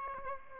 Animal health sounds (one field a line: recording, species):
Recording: mosquito wingbeat signal from an infrared sensor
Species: Aedes albopictus